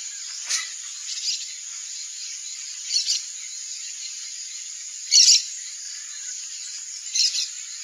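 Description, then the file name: Red-bellied macaw calls: a few short harsh screeching bursts at irregular intervals, over a steady high insect hiss. "Canto do maracana do buriti"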